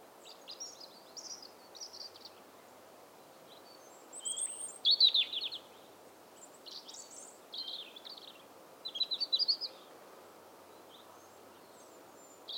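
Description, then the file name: European robin song of short, high, scratchy and warbled phrases, some louder bursts around the middle, delivered over a constant soft background noise. "Erithacus rubecula"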